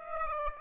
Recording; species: mosquito wingbeat signal from an infrared sensor; Aedes aegypti